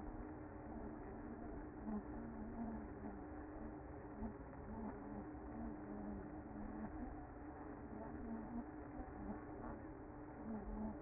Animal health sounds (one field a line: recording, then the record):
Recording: honeybee colony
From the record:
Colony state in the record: active